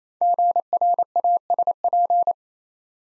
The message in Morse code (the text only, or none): GRASP